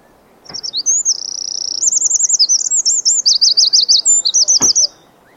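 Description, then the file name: Eurasian wren song, shrill and rapid, a sustained note then rolling trills and quick looping phrases; two brief clicks are heard near its start and end. "Troglodytes troglodytes"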